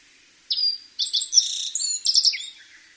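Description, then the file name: Black-faced bunting song: one short phrase of bright, high chirping notes and brief trills, lasting about two seconds and ending in a softer lower note. "aoji"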